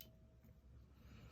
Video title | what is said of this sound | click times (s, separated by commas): How to swap out your trigger pawl on your first strike T15 | all right keep pushing until they click into place | 0.0 s